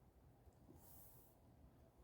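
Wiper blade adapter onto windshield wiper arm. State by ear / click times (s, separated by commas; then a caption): not seated / none. The bottom of the plastic wiper blade adapter is squeezed and lined up on the metal windshield wiper arm of a 2008 Mercedes R350 before being pushed home. A low, steady rumble runs throughout, with a soft high hiss around 0.8 to 1.3 seconds. Nothing has clicked or seated yet.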